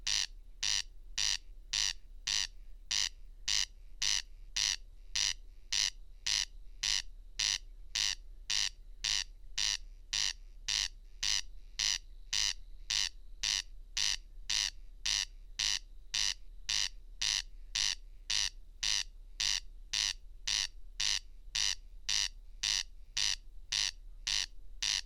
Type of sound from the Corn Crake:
song